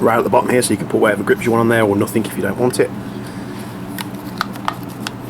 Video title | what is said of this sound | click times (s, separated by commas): KWA KMP9 GBB SMG - Bringing It Home Ep. 91 | Stock folds, clicks into place. | 5.1 s